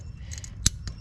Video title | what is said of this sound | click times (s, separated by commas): If you off-road, these will have to be repaired - Bearings, Seals, Brakes & Differential fluid. | until it clicks in | 0.7 s